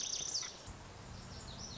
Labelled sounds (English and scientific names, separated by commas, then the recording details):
Lazuli Bunting (Passerina amoena)
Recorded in Sonoma County, California